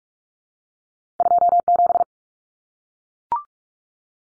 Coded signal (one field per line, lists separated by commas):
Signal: Morse code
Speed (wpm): 44 wpm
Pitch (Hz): 700 Hz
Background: none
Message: 27